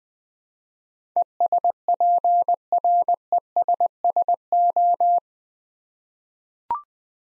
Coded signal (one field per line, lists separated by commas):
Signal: Morse code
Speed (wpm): 20 wpm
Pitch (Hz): 700 Hz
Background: none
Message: ESPRESSO